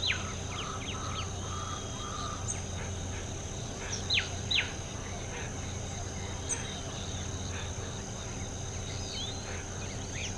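Bird calls, brief high chips and a pair of steep downslurred whistles near the middle, with faint thin notes and a steady hum throughout.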